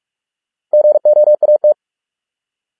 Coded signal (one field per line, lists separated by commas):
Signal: Morse code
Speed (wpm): 46 wpm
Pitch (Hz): 600 Hz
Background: none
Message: GOAT